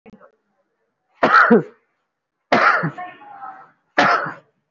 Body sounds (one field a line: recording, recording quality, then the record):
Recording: heavy voluntary cough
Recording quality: excellent, no background noise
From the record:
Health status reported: recovered from COVID-19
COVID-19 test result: positive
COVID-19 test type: RT-PCR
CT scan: not taken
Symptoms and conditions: cough, cold, sore throat, fatigue, muscle pain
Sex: male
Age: 37 years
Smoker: no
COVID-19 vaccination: both doses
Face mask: worn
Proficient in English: yes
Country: India